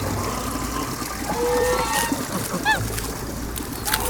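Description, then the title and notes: Goose: a few drawn-out calls and a short higher note midway, over steady background noise. Geese beside a stream at a farmstead in Besnate, Varese province, Italy; recorded 11 December 2018. "Besnate - Cascina Pasque' - 20181211-Oche e un gallo presso un ruscello"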